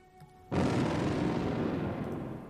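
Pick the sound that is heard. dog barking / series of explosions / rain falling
series of explosions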